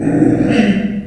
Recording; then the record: squeal of a Yucatan mini pig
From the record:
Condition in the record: after surgery on the right vocal fold (resection and tissue-engineered implant); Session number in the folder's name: 3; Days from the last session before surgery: 21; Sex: female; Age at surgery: 19 weeks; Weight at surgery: 25 kg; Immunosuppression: prednisolone